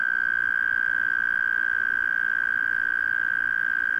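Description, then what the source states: Cricket trill, a steady unbroken buzzing tone holding one pitch with faint higher overtones, continuous throughout with no pauses. Cricket recorded in Australia, part of a set of various Australian insects.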